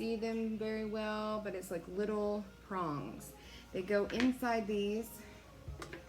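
A plastic collector tray with small latch prongs is handled near its slots on a Powermatic 2+ cigarette-rolling machine while someone talks. A few faint clicks come right at the end, but nothing has seated or clicked into place yet.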